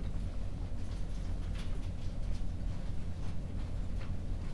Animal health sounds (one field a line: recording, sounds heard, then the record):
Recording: poultry house recording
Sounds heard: no chicken sound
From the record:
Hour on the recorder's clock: 22